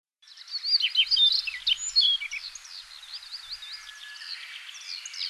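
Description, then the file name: Siberian rubythroat song, a continuous rambling warble of quick twisting whistled notes, loud at first and then softening toward the end. Recorded in Hokkaido, Japan, on 24 June 2005. "nogoma hokkaidou kaji"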